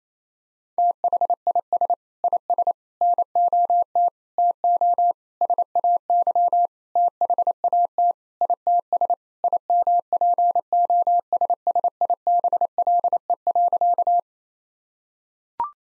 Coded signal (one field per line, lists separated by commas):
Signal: Morse code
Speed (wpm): 28 wpm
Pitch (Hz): 700 Hz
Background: none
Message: THIS IS NOT TO SAY THAT ITS IMPOSSIBLE.